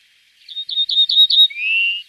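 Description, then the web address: Common reed bunting song, one brief phrase of five sharp repeated chirps followed by a longer, slightly rising drawn note. "Moduli 33 migliarino"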